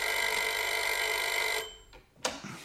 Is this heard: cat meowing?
no